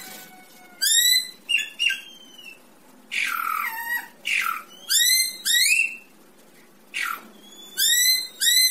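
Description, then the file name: Greater racket-tailed drongo song mixing ringing, rising and falling whistled notes with a few harsh rasping phrases, delivered in quick separate bursts. "tieng cheo beo duoi co hot"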